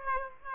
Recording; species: mosquito wingbeat signal from an infrared sensor; Aedes aegypti